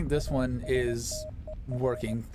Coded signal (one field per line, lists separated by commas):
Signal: Morse code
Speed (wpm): 20 wpm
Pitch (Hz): 620 Hz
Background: speech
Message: ASTER